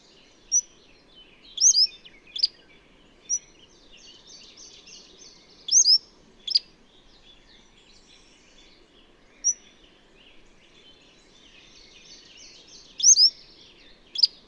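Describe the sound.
Birdsong: bursts of sharp whistles and quick sweeping notes come in irregular groups, with brief trilled passages and quieter gaps between.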